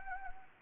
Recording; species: mosquito wingbeat signal from an infrared sensor; Anopheles gambiae